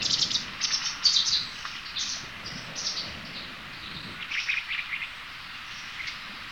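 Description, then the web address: White wagtail: high twittering calls in uneven bursts. Recorded 11 May 2018. "chikushishou bird watching club 2018 5 11 hakusekirei"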